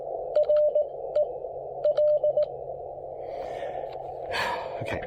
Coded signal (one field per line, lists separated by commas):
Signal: Morse code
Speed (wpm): 18 wpm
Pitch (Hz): 600 Hz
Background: radio noise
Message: RE L